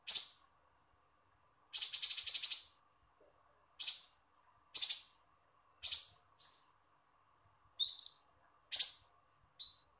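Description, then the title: Small bird calling repeatedly with harsh, buzzy high notes and occasional thin harmonic chirps, roughly one call each second, over a faint steady hum. "Burung Kecil"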